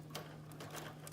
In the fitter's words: just sort of wiggle it, and it just pops right in.